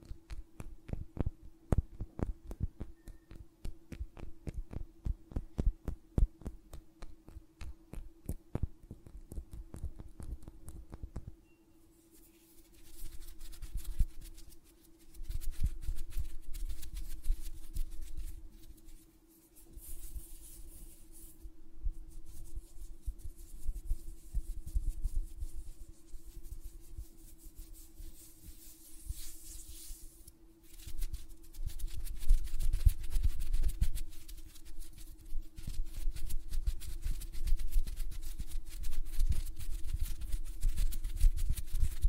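Rapid fingernail tapping runs dense for the first eleven seconds, then gives way to softer hand rustles and fluttering over a steady low hum.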